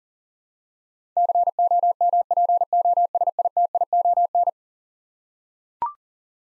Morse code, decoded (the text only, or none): COMPOSITION